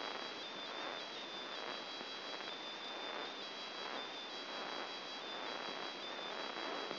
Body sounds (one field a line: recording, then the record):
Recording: brain microelectrode recording played as sound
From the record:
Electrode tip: outside the subthalamic nucleus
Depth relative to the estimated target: 4 mm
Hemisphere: left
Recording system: AlphaMap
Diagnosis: Parkinson's disease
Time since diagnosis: 11 years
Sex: male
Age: 50 years